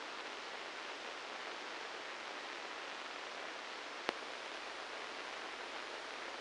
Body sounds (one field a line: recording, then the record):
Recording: brain microelectrode recording played as sound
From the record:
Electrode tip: inside the subthalamic nucleus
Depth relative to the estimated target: 3 mm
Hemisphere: right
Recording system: NeuroSet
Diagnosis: Parkinson's disease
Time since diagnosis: 9 years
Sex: male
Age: 56 years